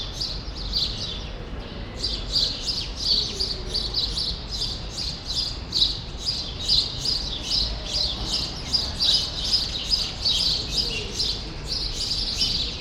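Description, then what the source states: Sparrows chirping in a dense, continuous chorus of short, bright tweets overlapping throughout, with a low steady background hum. Group of sparrows in a small remnant of a once-large grove, Rue Saint-Jean Népomucène, Brussels, Belgium; recorded with Earsight V2 AB microphones into a Zoom F3.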